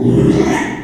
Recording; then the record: squeal of a Yucatan mini pig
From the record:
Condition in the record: after surgery on the right vocal fold (resection and tissue-engineered implant); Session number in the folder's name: 3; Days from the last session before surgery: 33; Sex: male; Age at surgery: 12 weeks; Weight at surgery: 13 kg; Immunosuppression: cyclosporine, prednisolone